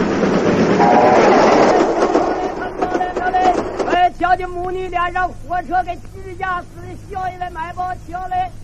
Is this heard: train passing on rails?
yes